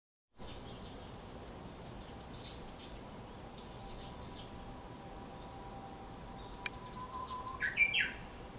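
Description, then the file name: Japanese bush warbler gives a long, faint level whistle ending in a loud rising flourish, while another bird repeats high, scratchy chirps in the background. Dated April 2018. "uguisu"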